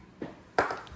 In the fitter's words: and then push it down until we hear it click.